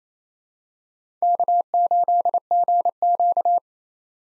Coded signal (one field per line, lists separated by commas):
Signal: Morse code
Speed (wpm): 28 wpm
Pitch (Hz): 700 Hz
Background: none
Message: K8GQ